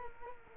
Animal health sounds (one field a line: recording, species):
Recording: mosquito wingbeat signal from an infrared sensor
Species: Culex quinquefasciatus